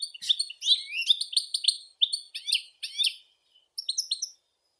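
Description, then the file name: European goldfinch song, a series of sliding chirps and tinkling notes given in small clusters with short gaps. "Golosa ptic - CSHegol Carduelis carduelis"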